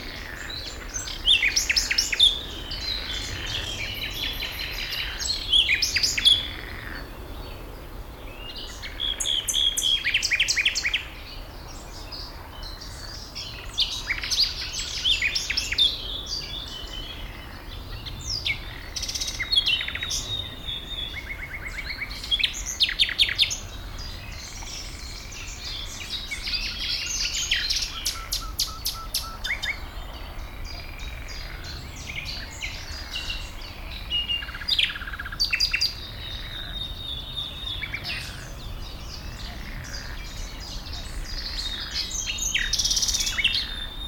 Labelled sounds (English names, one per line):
Common Nightingale